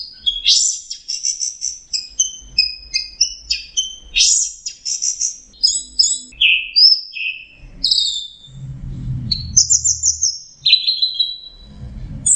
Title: Anis Kembang. Suara Burung Anis Merah Teler